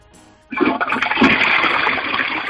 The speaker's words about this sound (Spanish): Hostia, este es muy fácil. Este me suena. Además, ese. te va bien lo que es la descarga de la cisterna. Te va estupendo.